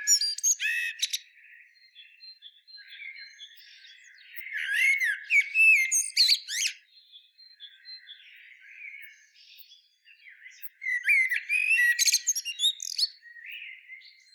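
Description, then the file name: Common blackbird calls: bouts of sharp clicking chirps and squawks with whistled notes between them, and quieter scratchy twitters in the gaps. "Turdus merula"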